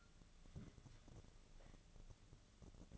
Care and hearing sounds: daily activity, microphone in the room; take from stove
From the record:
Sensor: 4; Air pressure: 1000.8 hPa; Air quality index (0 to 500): 126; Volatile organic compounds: 1 ppm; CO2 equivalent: 950 ppm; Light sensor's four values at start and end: 43/104/44/49 and 43/105/44/49

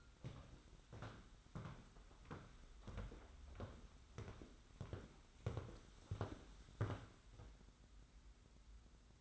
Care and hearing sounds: daily activity, microphone in the room; walk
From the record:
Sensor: 3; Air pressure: 991.6 hPa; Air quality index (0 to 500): 182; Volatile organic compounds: 1000 ppm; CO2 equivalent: 6067 ppm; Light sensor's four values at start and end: 39/110/45/39 and 37/107/43/38

